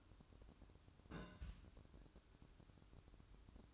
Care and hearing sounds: daily activity, microphone in the room; place on stove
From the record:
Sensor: 2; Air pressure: 1007.8 hPa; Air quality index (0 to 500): 100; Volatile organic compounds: 1 ppm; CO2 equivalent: 754 ppm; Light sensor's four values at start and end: 7/17/7/7 and 7/17/7/7

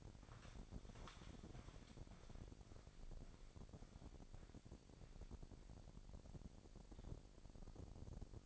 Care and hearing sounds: daily activity, microphone in the room; walk to room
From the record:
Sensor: 5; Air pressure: 1012.4 hPa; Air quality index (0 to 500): 238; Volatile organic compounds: 4 ppm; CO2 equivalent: 1585 ppm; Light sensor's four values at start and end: 58/134/56/60 and 59/139/58/61

